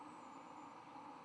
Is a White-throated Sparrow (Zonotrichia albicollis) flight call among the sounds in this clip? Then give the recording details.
no. No flight call is heard. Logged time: 11:34 on 10 November 2014